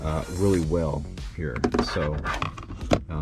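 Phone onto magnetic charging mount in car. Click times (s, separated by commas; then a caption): 2.9 s. A phone is placed onto a magnetic MagSafe charging mount wedged into the dash vent area of a 2011 BMW 128i while someone talks. A faint tap comes at 2.6 seconds, then a sharp snap at 2.9 seconds as the phone locks onto the mount by itself and starts charging.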